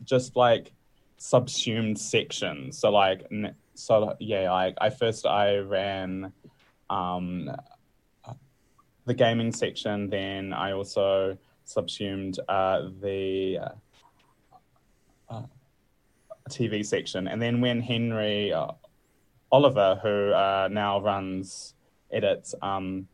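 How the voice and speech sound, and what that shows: An adult man who stutters speaks in a low voice with frequent breaks: stretched sounds, silent pauses of up to about 1.5 seconds, 'um' fillers, and restarted words and phrases. These mild disfluencies are stuttering, heard only a little within otherwise fluent speech.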